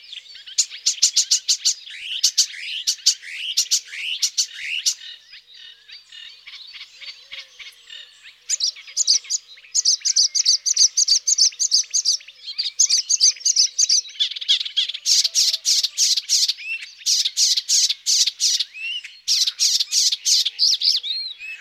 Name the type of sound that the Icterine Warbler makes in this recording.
song